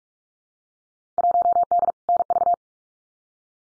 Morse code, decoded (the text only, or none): 1D NV